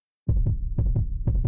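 Fast, regular paired lub-dub thumps at about 120 beats a minute: a produced adult heartbeat sound effect from a radio advert.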